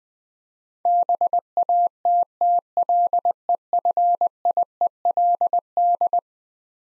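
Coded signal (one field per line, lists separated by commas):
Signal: Morse code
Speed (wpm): 20 wpm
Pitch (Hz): 700 Hz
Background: none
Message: BATTLEFIELD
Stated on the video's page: Morse head-copy drill of eleven-letter words at 20 wpm, each word sent twice.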